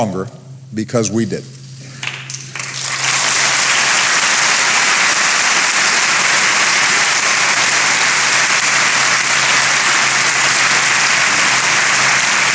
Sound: applause